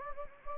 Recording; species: mosquito wingbeat signal from an infrared sensor; Anopheles gambiae